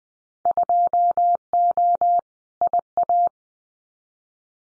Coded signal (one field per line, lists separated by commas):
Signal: Morse code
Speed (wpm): 20 wpm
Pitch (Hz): 700 Hz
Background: none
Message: 2O IA